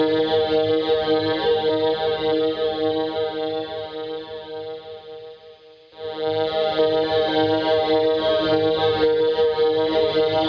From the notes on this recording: Analog space noise